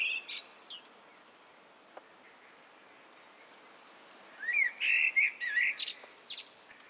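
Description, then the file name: Common blackbird singing: a brief high twitter, a long quiet gap with a faint click, then a warbled fluting phrase with thin high squeaks mixed in. "Turdus merula"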